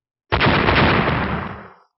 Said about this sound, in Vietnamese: Một tiếng nổ cực lớn hoàn toàn chấn động thiên địa vang lên, phiên thiên cung của Thạch Mục bỗng nhiên đánh vào phía trên hơn ngàn bàn tay bằng tuyết khổng lồ.